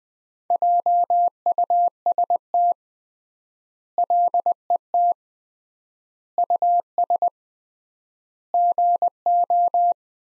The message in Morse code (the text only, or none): JUST LET US GO